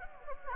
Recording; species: mosquito wingbeat signal from an infrared sensor; Anopheles gambiae